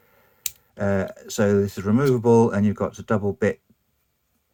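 A removable bit driver is released from a black Leatherman Surge multitool with a sharp metallic click at 0.5 s. Someone then talks about it being removable and having a double bit.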